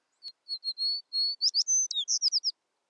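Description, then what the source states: American Tree Sparrow giving high, clear whistled notes that run into a quick, jumbled series of sweet twittering notes. Common winter visitor in the northern U.S.; nests on the ground in open shrublands of Alaska and northern Canada; winters on seeds, forages in mixed flocks; populations steeply declined since the 1970s.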